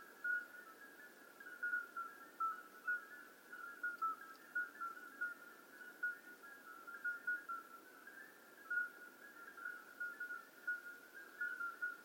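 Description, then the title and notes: Chorus of common midwife toads giving many brief, clear whistled pips, many individuals overlapping at slightly different pitches. Flute-like calls of hundreds of toads calling simultaneously at slightly different pitches in an old disused quarry, outskirts of Lerouville; calling begins at dusk, continues through night; recorded just after midnight. "Outskirts of Lerouville. Common Midwife Toads. Recorded by Colin Hunter. Music for Sleep project"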